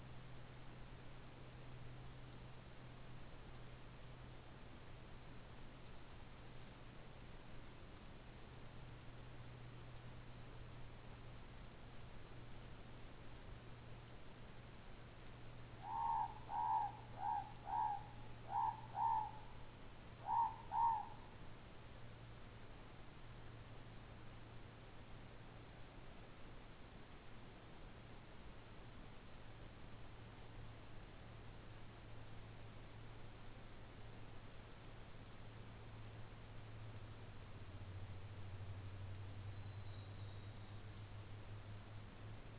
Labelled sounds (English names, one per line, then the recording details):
Morepork more-pork call
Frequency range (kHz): Morepork 0.6-2.1 kHz
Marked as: faintness 1/5
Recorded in New Zealand
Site Taranaki